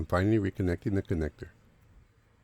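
A man talks for about the first 1.5 seconds, then only faint low background noise remains, while the plastic pigtail electrical connector of a replacement air fuel (oxygen) sensor is being handled for reconnection to its mating wiring harness connector on the engine of a 2001–2005 Honda Civic. The clip ends before the connector goes home, so nothing has seated or clicked yet.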